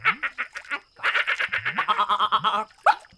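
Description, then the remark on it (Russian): A frog named Kvaksik croaks as it swims, in a quick, rhythmic run of raspy, pulsing calls, nearly twenty in a row, then falls silent briefly before one last louder, higher-pitched croak. “Смотри, Пуся! Кваксик плывет, Кваксик!”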